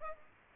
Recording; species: mosquito wingbeat signal from an infrared sensor; Aedes aegypti